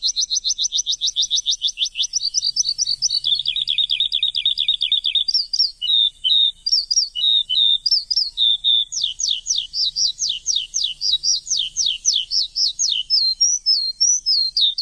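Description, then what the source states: Bird song opening with fast high trills, dropping to a lower rattling trill, then mixing chirps and sweeping whistled notes. Chirping bird song intended for training pet birds.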